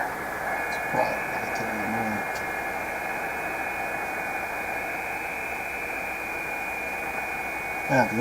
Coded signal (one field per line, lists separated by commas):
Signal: FT8